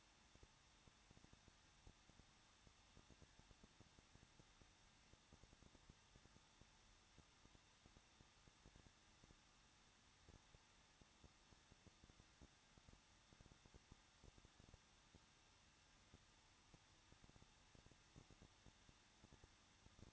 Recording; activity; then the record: daily activity, microphone in the room; no activity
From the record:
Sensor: 3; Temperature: 21.2 degrees Celsius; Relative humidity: 36.2%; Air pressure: 1006.5 hPa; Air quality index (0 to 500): 220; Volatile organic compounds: 39 ppm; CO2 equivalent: 3130 ppm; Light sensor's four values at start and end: 2/3/2/2 and 2/3/2/2